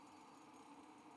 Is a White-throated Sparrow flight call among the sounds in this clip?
no